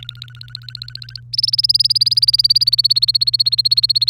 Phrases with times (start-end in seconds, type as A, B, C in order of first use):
0.00-1.20 A, 1.33-4.09 B